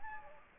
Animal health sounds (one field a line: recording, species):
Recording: mosquito wingbeat signal from an infrared sensor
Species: Anopheles gambiae